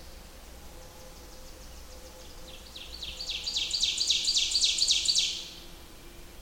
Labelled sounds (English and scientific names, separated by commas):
Ovenbird (Seiurus aurocapilla) song